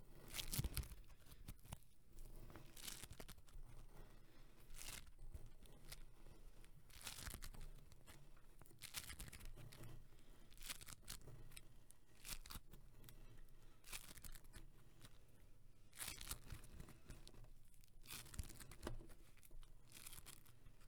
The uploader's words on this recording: Floam squishing (sticky sounds).